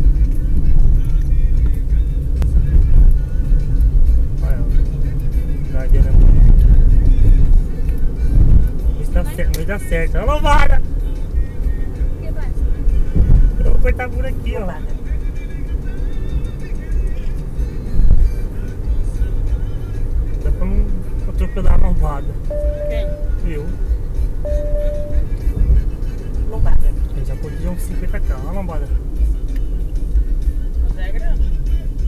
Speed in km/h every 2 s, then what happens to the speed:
48, 54, 57, 63, 68, 68, 72, 75, 78, 80, 79, 77, 74, 73, 58, 43.
0-19 speeds up to 80. 19-32 slows to 43.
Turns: none.